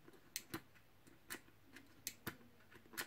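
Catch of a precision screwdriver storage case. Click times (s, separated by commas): 0.4 s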